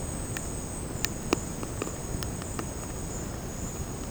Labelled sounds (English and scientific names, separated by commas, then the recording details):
none
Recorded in secondary vegetation near Puerto Asís, Putumayo, Colombia, on 9 March 2025 at 11:00
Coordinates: 0.481, -76.318
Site G097